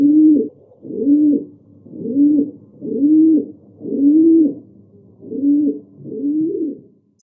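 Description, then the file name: Rock dove cooing: a low, soft coo with a rising-then-falling arch, repeated about once a second, seven in a steady row with nothing else heard. "Columba livia"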